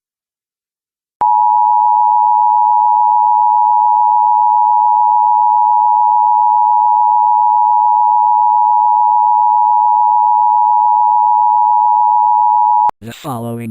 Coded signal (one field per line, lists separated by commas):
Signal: Emergency Alert System (SAME) tones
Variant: 853 and 960 Hz attention tone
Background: speech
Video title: EAS on September 11, 2001